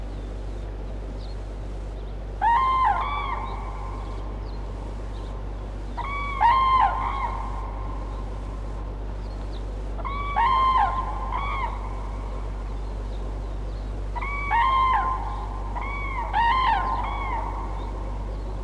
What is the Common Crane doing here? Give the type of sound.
call